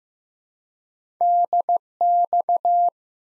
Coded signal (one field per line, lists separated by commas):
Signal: Morse code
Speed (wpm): 15 wpm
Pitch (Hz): 700 Hz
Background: none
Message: DX